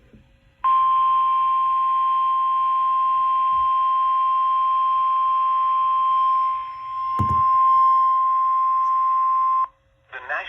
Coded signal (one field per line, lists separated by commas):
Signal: Emergency Alert System (SAME) tones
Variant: 1050 Hz attention tone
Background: speech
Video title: EAS Severe Thunderstorm Warning 6/3/21